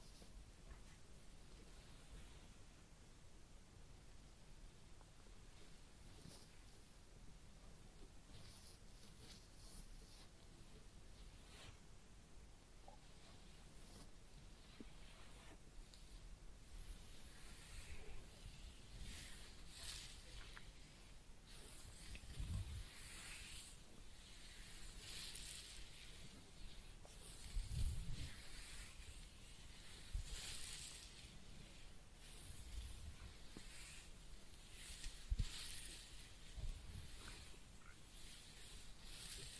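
A head massage and ear cleaning recorded very close to the microphone: a steady bed of soft rubbing and scratching. After about fifteen seconds the strokes get louder and crisper, with bright crackling bursts and occasional deep thumps near 22, 28 and 36 seconds.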